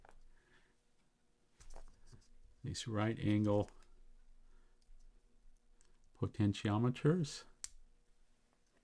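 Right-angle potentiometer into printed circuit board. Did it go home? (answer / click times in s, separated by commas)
yes / 7.6 s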